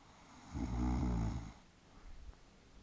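One loud, low-pitched rattling snore lasting about a second, the rough throaty vibration of the soft palate on a breath in as an adult woman sleeps. A quiet pause follows, then a faint softer breath sound. Snoring.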